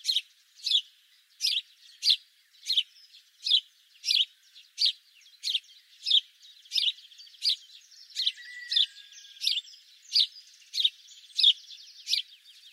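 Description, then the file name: House sparrow chirps: a long, steady series of emphatic single chirps, about one or two each second, over faint background twittering. "Passer domesticus"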